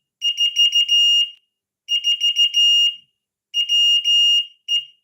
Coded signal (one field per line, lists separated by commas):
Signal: Morse code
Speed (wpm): 14 wpm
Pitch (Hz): 2850 Hz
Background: none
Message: 4 4 WE